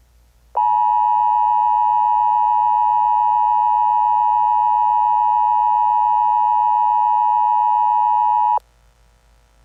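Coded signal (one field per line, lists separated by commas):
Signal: Emergency Alert System (SAME) tones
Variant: 853 and 960 Hz attention tone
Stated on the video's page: Fictional EAS scenario; simulated, not a real alert.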